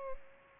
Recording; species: mosquito wingbeat signal from an infrared sensor; Culex pipiens